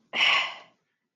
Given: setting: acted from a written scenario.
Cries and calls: vocal sound without words; disgust

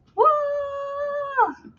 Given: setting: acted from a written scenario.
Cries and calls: vocal sound without words; triumph

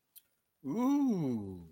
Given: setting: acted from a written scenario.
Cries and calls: vocal sound without words; desire

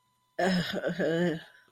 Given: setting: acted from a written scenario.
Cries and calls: vocal sound without words; shame

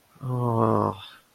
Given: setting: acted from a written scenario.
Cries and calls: vocal sound without words; sympathy

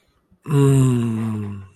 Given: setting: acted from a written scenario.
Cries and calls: vocal sound without words; desire

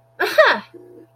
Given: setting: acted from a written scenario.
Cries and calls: vocal sound without words; realization

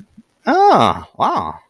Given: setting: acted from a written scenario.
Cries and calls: vocal sound without words; amusement

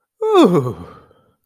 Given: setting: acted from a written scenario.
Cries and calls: vocal sound without words; ecstasy

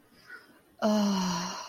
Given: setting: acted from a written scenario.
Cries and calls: vocal sound without words; ecstasy

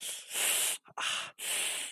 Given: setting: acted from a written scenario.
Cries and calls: vocal sound without words; pain

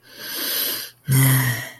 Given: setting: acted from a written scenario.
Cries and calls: vocal sound without words; guilt

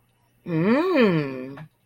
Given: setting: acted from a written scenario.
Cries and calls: vocal sound without words; desire

